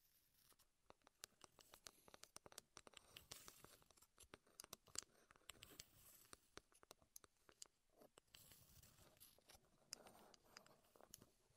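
Wood triggers: quick, crisp taps and clicks arrive in irregular bursts throughout, some sharp and bright, others softer. Between the taps there is a light scratchy, crinkling rustle, busier in the middle and near the end, over an otherwise quiet background.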